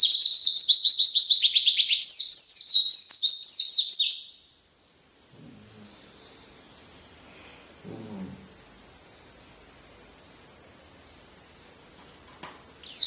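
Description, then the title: White-eye singing fast, high chattering phrases for about four seconds. Near-quiet follows, with faint low rustles and a last brief high note at the end. Song style called 'racun', with canary-like variations ('variasi kenari'), rapid bursts ('tembakan') and nonstop singing ('gacor'); 2015. "Pleci RACUN (Variasi kenari , Tembakan , Gacor , new 2015 )"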